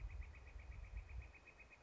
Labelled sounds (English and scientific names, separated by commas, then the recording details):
Northern Flicker (Colaptes auratus)
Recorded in Sonoma County, California